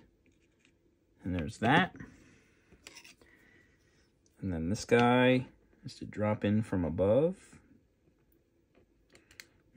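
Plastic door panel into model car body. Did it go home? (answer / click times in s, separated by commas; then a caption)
yes / 9.4 s. Someone talks while a plastic door panel for a Revell 1971 Boss 351 Mustang model kit is dropped in from above, pivoted and slid into the model car body. A small, sharp click at 9.4 s marks it locking into place. The panel is seated solid and cannot be wiggled.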